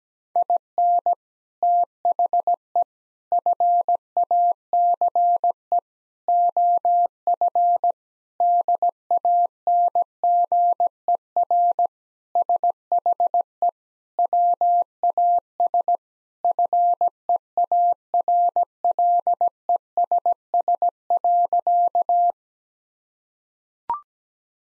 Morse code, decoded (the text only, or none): IN THE FACE OF DANGER SHE WAS FEARLESS.